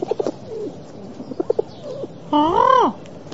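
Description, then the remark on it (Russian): A pigeon coos, starting with a few soft, low, throaty murmurs before one loud, drawn-out warbling coo that swells upward in pitch and then sinks away. “Слышишь? Голубь согласен взять нас с собой.”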